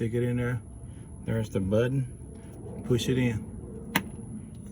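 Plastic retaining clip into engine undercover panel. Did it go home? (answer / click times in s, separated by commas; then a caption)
yes / 4.0 s. Someone talks while a plastic push-type retaining clip is pushed in by its button to fasten the engine undercover (dust cover, splash shield) of a 2018 Nissan Murano Platinum after an oil change, with a faint steady high-pitched tone throughout. A single sharp snap at 4.0 s marks the clip seating in the panel.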